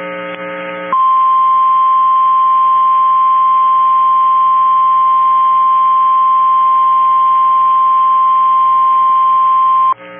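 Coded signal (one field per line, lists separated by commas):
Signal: Emergency Alert System (SAME) tones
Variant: 1050 Hz attention tone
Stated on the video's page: Severe thunderstorm warning received from a NOAA weather radio transmitter.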